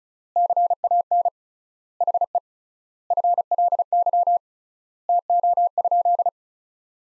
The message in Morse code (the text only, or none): CAN HE FLY TO?